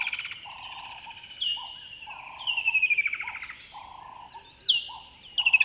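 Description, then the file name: Bird calls, a steady low hooting tone repeated in short blocks under loud descending whistled notes and fast buzzy rattling bursts. River bed at dawn. "river bed dawn bird call close"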